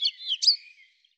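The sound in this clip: European robin song, a brief high wavering phrase of thin sliding notes that fades out after about a second, with no other sounds.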